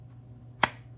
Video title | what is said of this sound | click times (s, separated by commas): Harry’s Holsters Infiltrator (Glock 17) FULL REVIEW | but it does very securely snap into place | 0.6 s